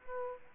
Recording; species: mosquito wingbeat signal from an infrared sensor; Aedes aegypti